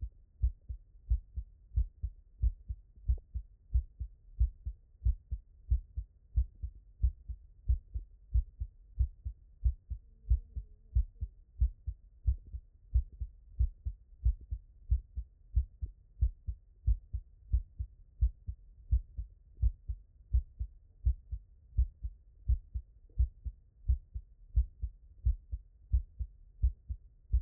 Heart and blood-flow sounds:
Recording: heart sounds by stethoscope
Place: tricuspid valve (TV)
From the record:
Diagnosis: non-HFrEF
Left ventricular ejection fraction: 46%

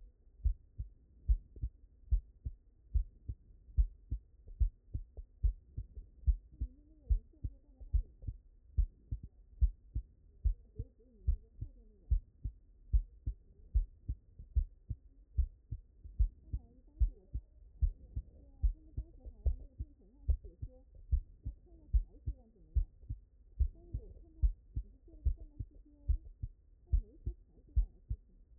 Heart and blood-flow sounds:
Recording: heart sounds by stethoscope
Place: mitral valve (MV)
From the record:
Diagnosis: non-HFrEF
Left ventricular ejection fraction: 62%

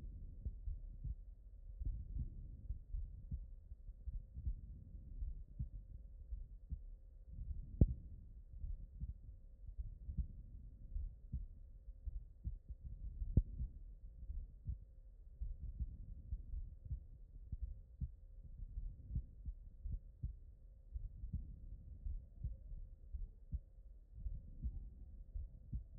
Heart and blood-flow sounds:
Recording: heart sounds by stethoscope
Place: aortic valve (AV)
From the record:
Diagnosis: non-HFrEF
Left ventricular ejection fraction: 72%

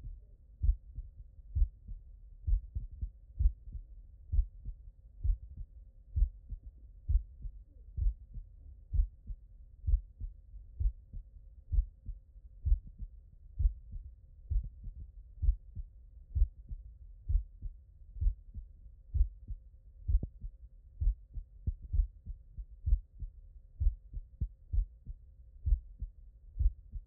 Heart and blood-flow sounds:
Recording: heart sounds by stethoscope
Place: tricuspid valve (TV)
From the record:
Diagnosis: non-HFrEF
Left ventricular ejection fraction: 60%

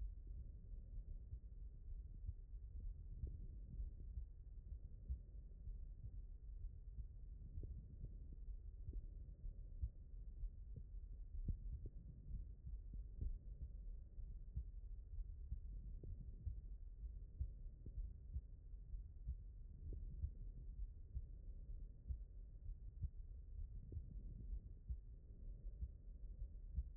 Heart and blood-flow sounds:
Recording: heart sounds by stethoscope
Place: mitral valve (MV)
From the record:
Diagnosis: HFrEF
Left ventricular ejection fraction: 36%

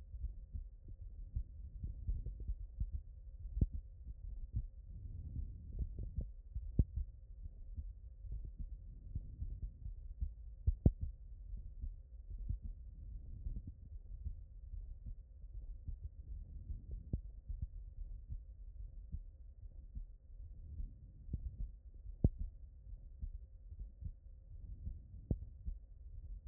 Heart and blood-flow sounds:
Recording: heart sounds by stethoscope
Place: aortic valve (AV)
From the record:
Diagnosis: HFrEF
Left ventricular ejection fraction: 35%

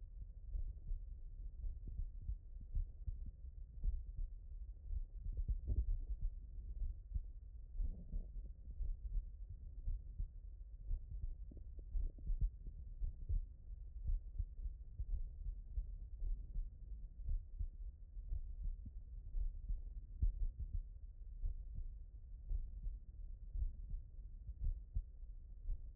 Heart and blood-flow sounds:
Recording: heart sounds by stethoscope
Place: mitral valve (MV)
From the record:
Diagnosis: non-HFrEF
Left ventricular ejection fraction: 65%

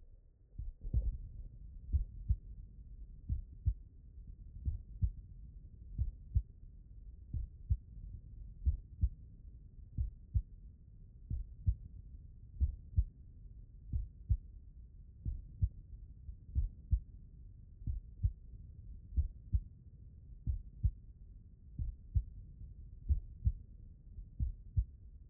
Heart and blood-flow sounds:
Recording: heart sounds by stethoscope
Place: mitral valve (MV)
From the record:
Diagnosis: non-HFrEF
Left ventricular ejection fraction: 50%

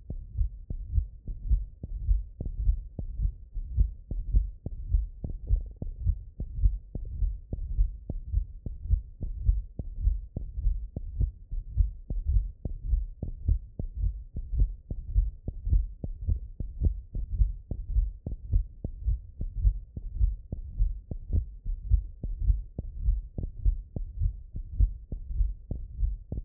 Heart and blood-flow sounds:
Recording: heart sounds by stethoscope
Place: mitral valve (MV)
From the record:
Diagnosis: non-HFrEF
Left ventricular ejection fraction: 44%

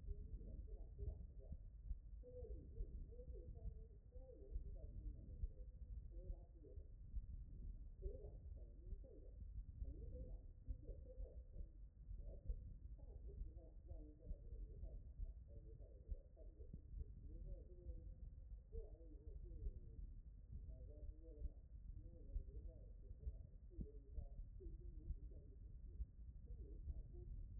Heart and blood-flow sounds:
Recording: heart sounds by stethoscope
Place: tricuspid valve (TV)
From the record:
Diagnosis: non-HFrEF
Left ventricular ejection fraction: 57%

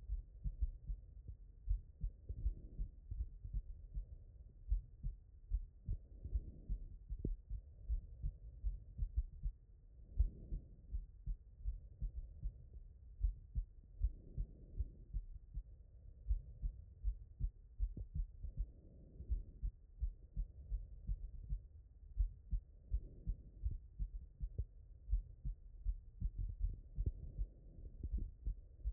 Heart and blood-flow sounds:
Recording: heart sounds by stethoscope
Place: pulmonary valve (PV)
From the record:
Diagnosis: HFrEF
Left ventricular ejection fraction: 33%

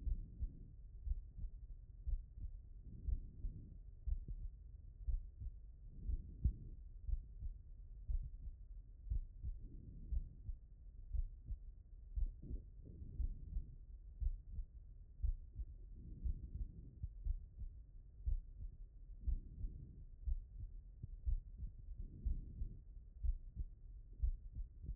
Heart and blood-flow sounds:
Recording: heart sounds by stethoscope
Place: pulmonary valve (PV)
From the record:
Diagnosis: non-HFrEF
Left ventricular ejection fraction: 51%

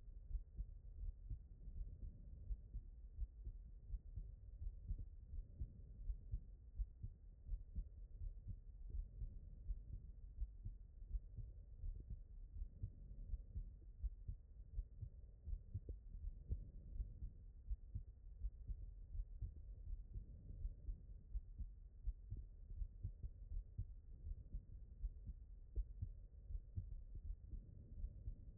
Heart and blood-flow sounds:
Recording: heart sounds by stethoscope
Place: aortic valve (AV)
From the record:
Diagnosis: HFrEF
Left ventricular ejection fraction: 34%

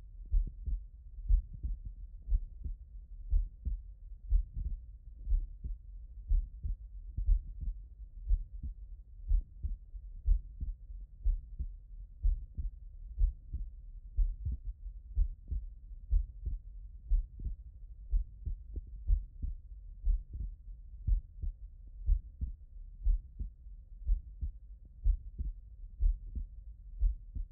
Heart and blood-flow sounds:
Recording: heart sounds by stethoscope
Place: tricuspid valve (TV)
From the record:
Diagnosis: non-HFrEF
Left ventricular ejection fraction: 62%

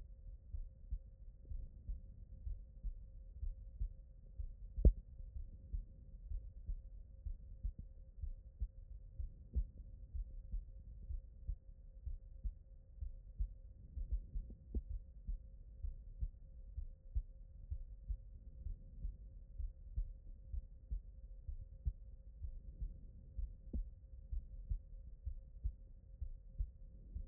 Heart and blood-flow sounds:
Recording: heart sounds by stethoscope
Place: aortic valve (AV)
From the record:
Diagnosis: non-HFrEF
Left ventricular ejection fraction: 61%

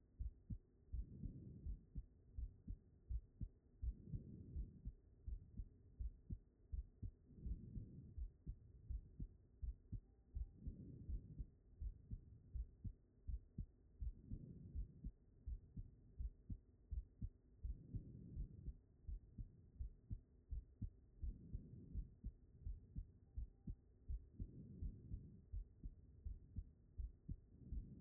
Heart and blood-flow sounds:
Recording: heart sounds by stethoscope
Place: pulmonary valve (PV)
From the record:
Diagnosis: non-HFrEF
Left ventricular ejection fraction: 71%

